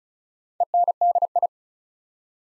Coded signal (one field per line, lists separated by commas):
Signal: Morse code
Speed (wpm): 36 wpm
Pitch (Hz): 700 Hz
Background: none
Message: ENDI